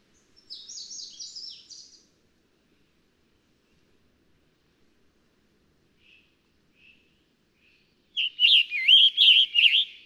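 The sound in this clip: Scarlet tanager singing: a faint, high, buzzy phrase opens, then a long quiet gap, then a loud burst of rough, burry warbled phrases at the end.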